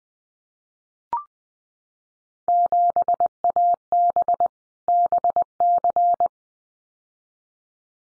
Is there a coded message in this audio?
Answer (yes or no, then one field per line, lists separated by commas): yes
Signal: Morse code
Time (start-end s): 2.5-6.3 s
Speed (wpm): 20 wpm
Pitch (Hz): 700 Hz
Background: none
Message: 7AB BC